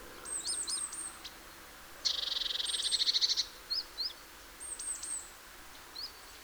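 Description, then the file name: Great tit calls: a long buzzy churr of rapid pulses, preceded and followed by thin high descending notes and a few short sharp chips. "Parus major"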